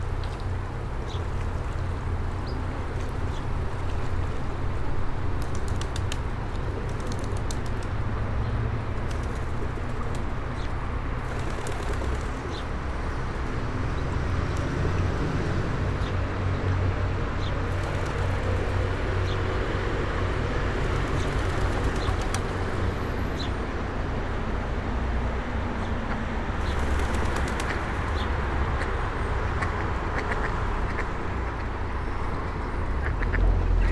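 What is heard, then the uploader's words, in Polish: Ducks and pigeons gather on an old-town promenade, quacks and wing flutters scattered over a steady, dense rumble of traffic throughout. Kaczki i gołębie na Promenadzie Staromiejskiej. Lokalizacja: Stare Miasto. Kaczki i gołębie karmione przez przechodniów. Odgłosy przejeżdżających samochodów i autobusów. Rekorder, mikrofon: sony pcm d50, mic rode nt4, FEL BMA preamplifier.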